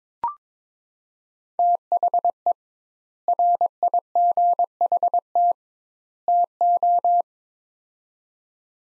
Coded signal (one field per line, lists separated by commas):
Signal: Morse code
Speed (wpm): 22 wpm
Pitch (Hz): 700 Hz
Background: none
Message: THE RIGHT TO